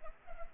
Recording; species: mosquito wingbeat signal from an infrared sensor; Culex pipiens